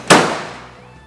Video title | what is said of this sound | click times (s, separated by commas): Sawstop Jobsite Saw PRO | it'll swing down lock into place and you're ready to move the saw | 0.1 s